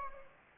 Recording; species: mosquito wingbeat signal from an infrared sensor; Anopheles gambiae